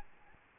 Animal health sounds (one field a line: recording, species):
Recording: mosquito wingbeat signal from an infrared sensor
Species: Aedes albopictus